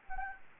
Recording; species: mosquito wingbeat signal from an infrared sensor; Anopheles gambiae